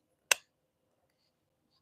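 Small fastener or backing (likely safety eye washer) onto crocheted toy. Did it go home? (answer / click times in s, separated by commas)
yes / 0.3 s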